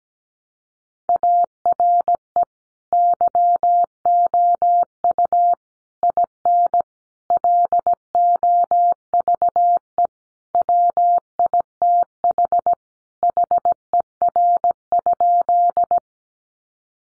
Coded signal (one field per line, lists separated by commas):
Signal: Morse code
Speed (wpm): 17 wpm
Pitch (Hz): 700 Hz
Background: none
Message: ARE YOU IN LOVE WITH HER?